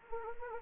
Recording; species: mosquito wingbeat signal from an infrared sensor; Anopheles arabiensis